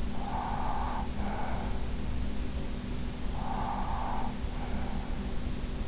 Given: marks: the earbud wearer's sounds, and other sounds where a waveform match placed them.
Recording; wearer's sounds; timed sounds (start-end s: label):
sounds in sleep by an in-ear microphone; breath
0.05-2.02 s: breath
2.77-5.65 s: breath